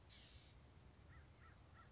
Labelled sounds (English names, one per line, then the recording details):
American Crow
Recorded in Sonoma County, California